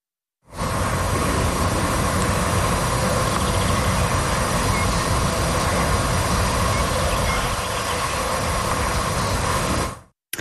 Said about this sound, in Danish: Det her er lyden af en vindmølle. Så fik vi lige det på plads. I tilfælde af, at der sidder nogen derude, som ikke ved, hvad det er, vi taler om, når vi diskuterer, om man vil have sådan nogen stående i baghaven.